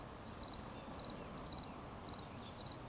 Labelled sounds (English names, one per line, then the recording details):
Eurasian Woodcock whistle
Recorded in Baden-Württemberg, Germany, on 11 June 2020 at 19:57 UTC
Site 24578, 122 m above sea level